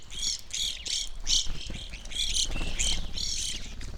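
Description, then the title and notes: Evening grosbeaks giving repeated short, harsh chirps in tight clusters over steady low background sound. Flock feeding on sunflower seeds at a feeder hanging from a birch in a backyard, McCloud, Siskiyou County, California; relatively warm winter morning; two microphones either side of the tree trunk. "I recorded this at my home in the small town of McCloud in Siskiyou County, California. It was a relatively warm winter morning, and a flock of Evening Grosbeaks was busily eating a breakfast of sunflower seeds from a feeder hanging from the branch of a birch tree in my backyard."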